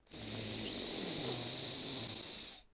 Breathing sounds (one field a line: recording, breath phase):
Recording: one breath near a microphone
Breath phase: inhalation